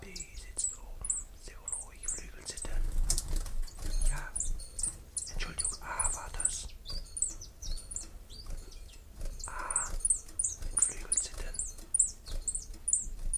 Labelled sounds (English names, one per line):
Common Chiffchaff song